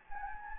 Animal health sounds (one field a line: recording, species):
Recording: mosquito wingbeat signal from an infrared sensor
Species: Anopheles gambiae